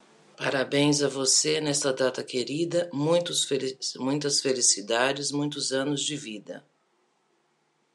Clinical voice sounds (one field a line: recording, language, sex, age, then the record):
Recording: short text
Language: Brazilian Portuguese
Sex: female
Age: 40 to 49 years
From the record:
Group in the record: control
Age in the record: 48 years